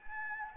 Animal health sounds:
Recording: mosquito wingbeat signal from an infrared sensor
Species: Anopheles gambiae

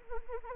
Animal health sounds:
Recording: mosquito wingbeat signal from an infrared sensor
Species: Anopheles arabiensis

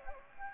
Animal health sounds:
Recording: mosquito wingbeat signal from an infrared sensor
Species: Anopheles gambiae

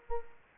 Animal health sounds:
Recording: mosquito wingbeat signal from an infrared sensor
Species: Culex quinquefasciatus

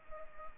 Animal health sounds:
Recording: mosquito wingbeat signal from an infrared sensor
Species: Culex pipiens

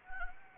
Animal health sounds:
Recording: mosquito wingbeat signal from an infrared sensor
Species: Anopheles gambiae

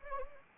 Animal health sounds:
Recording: mosquito wingbeat signal from an infrared sensor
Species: Anopheles arabiensis

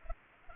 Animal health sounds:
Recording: mosquito wingbeat signal from an infrared sensor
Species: Culex pipiens

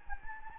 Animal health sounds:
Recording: mosquito wingbeat signal from an infrared sensor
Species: Anopheles gambiae

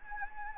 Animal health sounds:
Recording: mosquito wingbeat signal from an infrared sensor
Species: Anopheles gambiae

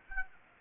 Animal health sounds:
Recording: mosquito wingbeat signal from an infrared sensor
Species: Aedes aegypti

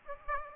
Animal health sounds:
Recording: mosquito wingbeat signal from an infrared sensor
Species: Aedes aegypti

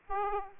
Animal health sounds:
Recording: mosquito wingbeat signal from an infrared sensor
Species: Aedes aegypti

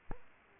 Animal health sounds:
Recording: mosquito wingbeat signal from an infrared sensor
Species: Aedes aegypti

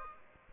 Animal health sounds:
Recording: mosquito wingbeat signal from an infrared sensor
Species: Aedes aegypti

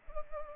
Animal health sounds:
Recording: mosquito wingbeat signal from an infrared sensor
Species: Culex pipiens

